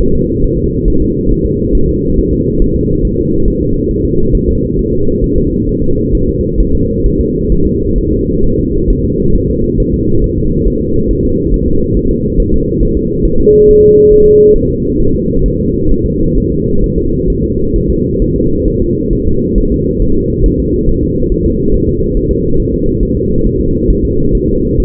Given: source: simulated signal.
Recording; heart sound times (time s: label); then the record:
fetal heart sounds
0.01 s: S1
0.15 s: S2
0.44 s: S1
0.59 s: S2
0.88 s: S1
1.02 s: S2
1.31 s: S1
1.46 s: S2
1.75 s: S1
1.89 s: S2
2.19 s: S1
2.33 s: S2
2.62 s: S1
2.76 s: S2
3.05 s: S1
3.19 s: S2
3.48 s: S1
3.62 s: S2
3.91 s: S1
4.05 s: S2
4.35 s: S1
4.49 s: S2
4.79 s: S1
4.93 s: S2
5.24 s: S1
5.38 s: S2
5.69 s: S1
5.83 s: S2
6.15 s: S1
6.29 s: S2
6.60 s: S1
6.75 s: S2
7.06 s: S1
7.20 s: S2
7.52 s: S1
7.66 s: S2
7.98 s: S1
8.13 s: S2
8.44 s: S1
8.59 s: S2
8.90 s: S1
9.05 s: S2
9.36 s: S1
9.50 s: S2
9.80 s: S1
9.94 s: S2
10.24 s: S1
10.38 s: S2
10.68 s: S1
10.82 s: S2
11.11 s: S1
11.25 s: S2
11.54 s: S1
11.68 s: S2
11.97 s: S1
12.11 s: S2
12.40 s: S1
12.54 s: S2
12.83 s: S1
12.97 s: S2
13.25 s: S1
13.40 s: S2
13.69 s: S1
13.83 s: S2
14.12 s: S1
14.26 s: S2
14.56 s: S1
14.70 s: S2
15.00 s: S1
15.15 s: S2
15.46 s: S1
15.60 s: S2
15.92 s: S1
16.06 s: S2
16.38 s: S1
16.52 s: S2
16.84 s: S1
16.98 s: S2
17.30 s: S1
17.44 s: S2
17.76 s: S1
17.90 s: S2
18.22 s: S1
18.36 s: S2
18.68 s: S1
18.82 s: S2
19.13 s: S1
19.27 s: S2
19.58 s: S1
19.72 s: S2
20.02 s: S1
20.17 s: S2
20.46 s: S1
20.60 s: S2
20.89 s: S1
21.03 s: S2
21.32 s: S1
21.46 s: S2
21.74 s: S1
21.89 s: S2
22.17 s: S1
22.31 s: S2
22.60 s: S1
22.74 s: S2
23.03 s: S1
23.17 s: S2
23.46 s: S1
23.61 s: S2
23.91 s: S1
24.05 s: S2
24.35 s: S1
24.49 s: S2
24.80 s: S1
From the record:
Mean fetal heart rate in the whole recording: 135 bpm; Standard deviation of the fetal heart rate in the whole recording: 3 bpm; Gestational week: 36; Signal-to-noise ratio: -16.4 dB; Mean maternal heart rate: 72 bpm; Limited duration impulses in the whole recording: present